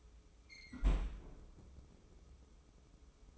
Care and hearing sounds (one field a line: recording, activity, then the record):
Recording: daily activity, microphone in the room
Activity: close fridge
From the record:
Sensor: 1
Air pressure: 995.3 hPa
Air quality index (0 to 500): 25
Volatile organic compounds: 1 ppm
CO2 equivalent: 506 ppm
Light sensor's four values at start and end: 18/60/22/24 and 18/60/22/24